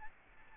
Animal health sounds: mosquito wingbeat signal from an infrared sensor; Aedes albopictus

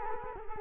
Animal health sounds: mosquito wingbeat signal from an infrared sensor; Culex quinquefasciatus

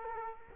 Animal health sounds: mosquito wingbeat signal from an infrared sensor; Culex quinquefasciatus

